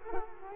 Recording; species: mosquito wingbeat signal from an infrared sensor; Culex quinquefasciatus